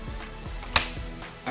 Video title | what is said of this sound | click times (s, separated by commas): How to Install a Hood Scoop on a Toyota Tundra | a click when you push it and | 0.8 s